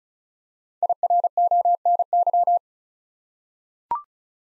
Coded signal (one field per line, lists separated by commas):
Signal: Morse code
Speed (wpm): 36 wpm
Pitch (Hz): 700 Hz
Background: none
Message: IRONY